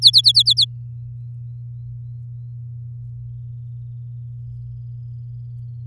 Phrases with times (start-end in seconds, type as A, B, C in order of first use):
0.02-0.65 A